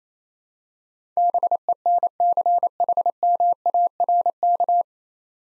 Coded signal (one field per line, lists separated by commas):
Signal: Morse code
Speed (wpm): 28 wpm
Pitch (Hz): 700 Hz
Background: none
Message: BENCHMARK